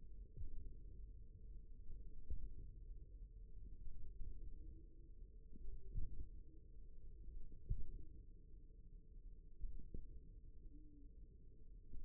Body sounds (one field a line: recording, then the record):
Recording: forearm muscle sounds (acoustic myography)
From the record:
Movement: wrist extension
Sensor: system 1, eight BSWA MPA416 microphones around the upper forearm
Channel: 2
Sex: male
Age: 54 years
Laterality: right